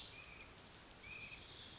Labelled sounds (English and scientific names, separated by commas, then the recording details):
Oak Titmouse (Baeolophus inornatus)
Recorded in Sonoma County, California